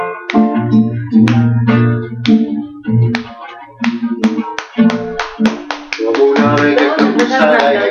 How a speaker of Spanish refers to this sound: Y entonces empezaron a aplaudir así.